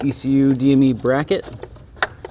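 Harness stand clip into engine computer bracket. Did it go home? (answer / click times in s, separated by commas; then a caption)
yes / 2.0 s. Someone talks while a plastic harness stand is pushed into the front of the engine computer (DME/ECU) bracket on a 2020–2024 BMW G01 X3 / G02 X4 M40i with the B58TU engine, during an oil filter housing replacement. A single sharp snap is heard at 2.0 s, followed by a few faint ticks. The stand clicks and seats into place on the bracket.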